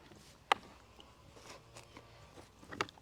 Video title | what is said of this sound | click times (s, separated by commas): How To Fill the Greenstalk Vertical Planter (step by step!) | so watch your plants give it a click | 0.5 s, 2.8 s